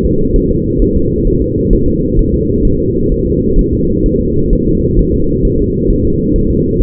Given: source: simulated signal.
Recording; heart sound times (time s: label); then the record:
fetal heart sounds
0.05 s: S2
0.36 s: S1
0.51 s: S2
0.82 s: S1
0.97 s: S2
1.28 s: S1
1.42 s: S2
1.73 s: S1
1.88 s: S2
2.19 s: S1
2.34 s: S2
2.65 s: S1
2.80 s: S2
3.12 s: S1
3.27 s: S2
3.59 s: S1
3.74 s: S2
4.06 s: S1
4.21 s: S2
4.53 s: S1
4.68 s: S2
4.99 s: S1
5.14 s: S2
5.45 s: S1
5.60 s: S2
5.90 s: S1
6.05 s: S2
6.36 s: S1
6.51 s: S2
6.82 s: S1
From the record:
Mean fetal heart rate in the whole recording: 130 bpm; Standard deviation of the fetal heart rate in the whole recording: 4 bpm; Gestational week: 38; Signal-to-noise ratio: -15.3 dB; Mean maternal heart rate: 72 bpm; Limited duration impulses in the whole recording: present